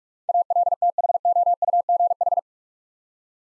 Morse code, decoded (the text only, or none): ALTHOUGH